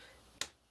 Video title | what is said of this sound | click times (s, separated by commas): Lego Mindstorms Parts - Beams (Part 2 of 2) | make sure you hear a snap when it goes all the way in | 0.4 s